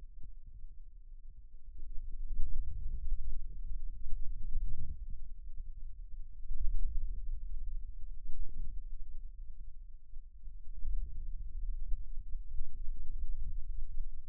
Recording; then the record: forearm muscle sounds (acoustic myography)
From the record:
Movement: radial deviation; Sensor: system 2, bracelet of six BSWA MPA416 microphones around the upper forearm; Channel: 1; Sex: male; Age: 22 years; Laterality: right